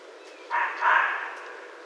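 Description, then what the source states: Red fox barking: two short, harsh, hoarse barks in quick succession, the second slightly longer, over a quiet background hiss. Recorded 16 January 2012.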